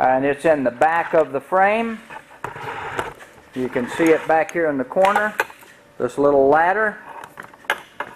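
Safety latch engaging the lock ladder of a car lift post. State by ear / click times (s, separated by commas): seated / 7.7 s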